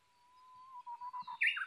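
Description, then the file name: Japanese bush warbler song, a drawn-out level whistle that breaks into short pulsed notes and ends in a bright, slurred flourish. Recorded 22 May 2011 at 05:58. "uguisu-20110522-0558"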